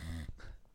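After a faint, quiet start comes a single loud, low, snorting rasp of about half a second. It is an adult's vocal imitation of a Chihuahua's reverse sneeze, the sudden noisy snorting inhalation some small breeds, such as Chihuahuas and pugs, make.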